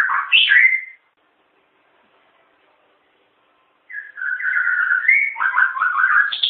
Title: murai batu